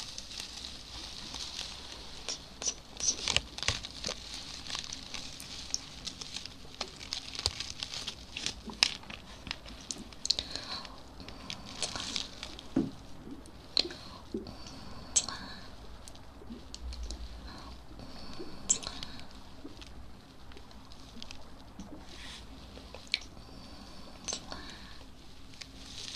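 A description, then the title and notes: Hand and mouth sounds: a busy run of small clicks, pats and soft smacks scattered irregularly across the whole span, several per second. Brief wet crackles and taps punctuate it, with a faint low hum and a soft hiss underneath throughout. Hand Sounds & Mouth Sounds.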